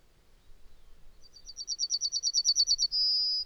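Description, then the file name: Yellowhammer song: a quick series of many high, buzzy repeated notes ending in one long, drawn-out high tone. Nominate subspecies citrinella. "Yellowhammer Emberiza citrinella citrinella"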